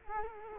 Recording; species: mosquito wingbeat signal from an infrared sensor; Culex quinquefasciatus